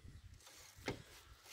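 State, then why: Not seated. A Velux SSS MK04 solar roller shutter unit is handled against a roof window frame, pulled firmly by its wires and lifted slightly so it will clip into the frame on its own. Low rustling and handling noise fill the clip, with one brief louder knock around 0.9 s. Nothing has seated or clicked yet.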